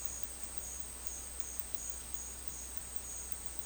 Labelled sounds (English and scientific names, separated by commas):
none